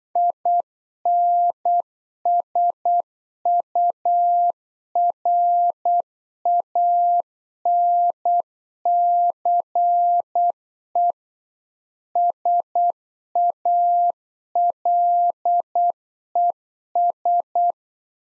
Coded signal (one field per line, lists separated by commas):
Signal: Morse code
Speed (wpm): 8 wpm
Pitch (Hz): 700 Hz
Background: none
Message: INSURANCE SALES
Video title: Practice QSO - Exchange 3- More Info - 8wpm